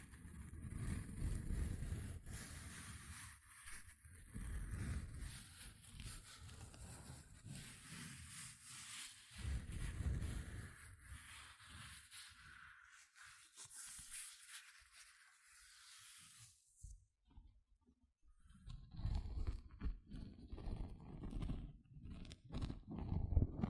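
Gentle scratching made of quick, dense strokes, with a soft bright hiss running beneath them for the first seventeen seconds before it drops out. Heavier, low rumbling scrapes come in bursts near the start, around ten seconds, and through the final five seconds.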